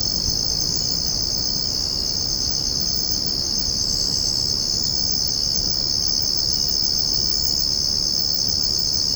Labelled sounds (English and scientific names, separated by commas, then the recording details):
none
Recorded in secondary vegetation near Puerto Asís, Putumayo, Colombia, on 9 March 2025 at 05:00
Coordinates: 0.481, -76.318
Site G097